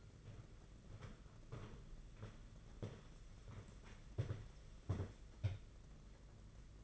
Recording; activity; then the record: daily activity, microphone in the room; walk to room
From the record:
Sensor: 4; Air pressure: 992.9 hPa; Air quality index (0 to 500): 174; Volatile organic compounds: 314 ppm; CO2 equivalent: 4512 ppm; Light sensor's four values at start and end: 4/10/4/4 and 4/10/4/4